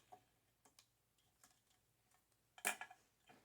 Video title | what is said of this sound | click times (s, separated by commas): Ashby Park Ceiling Fan Complete Unboxing & Installation Home Decorators Collection #how #howto #diy | there I just heard it snap you shouldn't be able to pull it apart unless you grabbed a hold of that clip and opened it up | 2.7 s